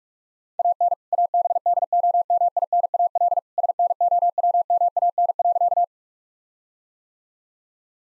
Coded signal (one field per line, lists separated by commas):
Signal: Morse code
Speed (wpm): 46 wpm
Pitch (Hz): 700 Hz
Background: none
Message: AN ABDOMINAL SNOWMAN.